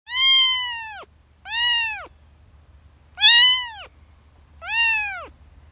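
Domestic cat: kitten giving four plaintive mews, each a rising-then-falling whine, with silences between.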